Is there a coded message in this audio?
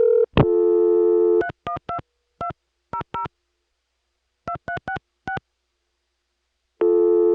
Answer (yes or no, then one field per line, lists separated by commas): yes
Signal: DTMF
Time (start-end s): 1.4-5.4 s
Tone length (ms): 100 ms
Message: 312200 2366